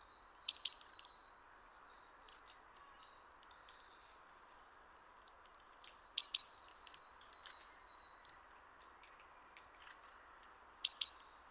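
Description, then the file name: Great tit calls: several clusters of high, sharp chirps with thin whistled slurs, separated by quiet gaps. "Parus major"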